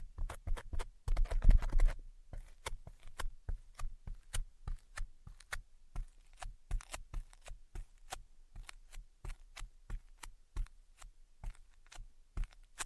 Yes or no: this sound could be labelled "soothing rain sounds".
no